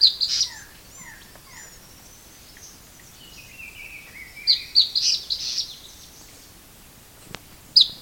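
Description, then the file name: Bird uttering high chirps and quick downslurred notes, then a long thin falling whistle followed by bursts of bright chirps. "SABIOD 50 bird 2015"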